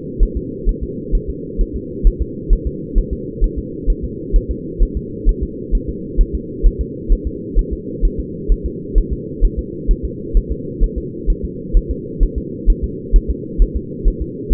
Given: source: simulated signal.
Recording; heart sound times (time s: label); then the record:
fetal heart sounds
0.23 s: S1
0.37 s: S2
0.69 s: S1
0.83 s: S2
1.15 s: S1
1.30 s: S2
1.61 s: S1
1.76 s: S2
2.07 s: S1
2.22 s: S2
2.53 s: S1
2.67 s: S2
2.98 s: S1
3.13 s: S2
3.44 s: S1
3.58 s: S2
3.90 s: S1
4.04 s: S2
4.36 s: S1
4.51 s: S2
4.82 s: S1
4.97 s: S2
5.29 s: S1
5.43 s: S2
5.75 s: S1
5.89 s: S2
6.21 s: S1
6.35 s: S2
6.66 s: S1
6.81 s: S2
7.12 s: S1
7.27 s: S2
7.59 s: S1
7.73 s: S2
8.05 s: S1
8.20 s: S2
8.52 s: S1
8.66 s: S2
8.98 s: S1
9.13 s: S2
9.44 s: S1
9.59 s: S2
9.91 s: S1
10.05 s: S2
10.37 s: S1
10.52 s: S2
10.84 s: S1
10.98 s: S2
11.30 s: S1
11.44 s: S2
11.77 s: S1
11.91 s: S2
12.23 s: S1
12.38 s: S2
12.70 s: S1
12.84 s: S2
13.16 s: S1
13.30 s: S2
13.62 s: S1
13.76 s: S2
14.08 s: S1
14.22 s: S2
14.53 s: S1
From the record:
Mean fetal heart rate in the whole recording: 130 bpm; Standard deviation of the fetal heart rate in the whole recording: 2 bpm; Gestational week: 38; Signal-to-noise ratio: -4.1 dB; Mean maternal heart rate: no maternal heart sound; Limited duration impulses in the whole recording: absent